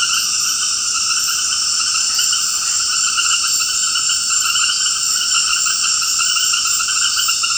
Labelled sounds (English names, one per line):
none